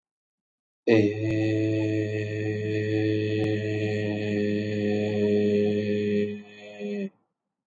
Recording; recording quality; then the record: sustained vowel as in made; excellent, no background noise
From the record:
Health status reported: healthy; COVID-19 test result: not tested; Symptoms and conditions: none ticked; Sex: male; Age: 29 years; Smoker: not ticked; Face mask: not worn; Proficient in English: yes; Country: India